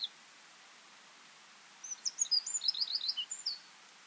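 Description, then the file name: Eurasian wren, a rapid run of high thin chirps and twitters starting midway and lasting about two seconds, over faint steady background hiss. "Troglodytes troglodytes"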